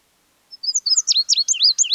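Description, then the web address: Bird calling in a quick series of high chirps, many dipping sharply in pitch, a rapid burst after a brief silence, with faint lower notes beneath. An exotic bird with unusual colouring. "sonido de un pajaro exotico con una coloracion inusual"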